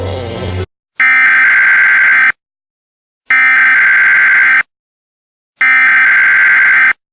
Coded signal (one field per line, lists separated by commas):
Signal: Emergency Alert System (SAME) tones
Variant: header bursts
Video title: EAS Christmas Scenario: Killer Santa